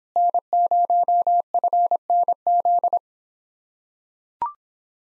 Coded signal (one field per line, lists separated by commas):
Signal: Morse code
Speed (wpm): 26 wpm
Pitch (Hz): 700 Hz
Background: none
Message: N0FNZ